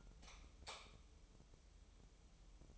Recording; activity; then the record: daily activity, microphone in the room; light off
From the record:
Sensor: 1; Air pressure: 988.4 hPa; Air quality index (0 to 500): 199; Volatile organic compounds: 1000 ppm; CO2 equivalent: 5311 ppm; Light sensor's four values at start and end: 12/38/14/16 and 8/22/9/10